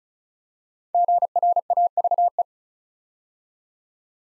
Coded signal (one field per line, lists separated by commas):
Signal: Morse code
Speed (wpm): 36 wpm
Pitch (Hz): 700 Hz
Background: none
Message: GRAVE